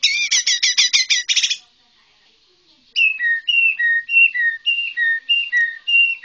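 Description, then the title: White-rumped shama song opening with a burst of rapid harsh notes, then after a pause a series of clear whistled notes alternating high and low. White-rumped shama from Borneo. "MURAI BORNEO"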